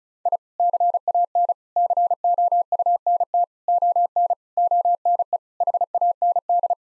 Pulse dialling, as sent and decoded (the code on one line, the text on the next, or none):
none